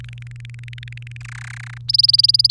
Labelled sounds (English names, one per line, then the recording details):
Domestic Canary song
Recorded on 29 April 2018 at 06:34
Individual llb3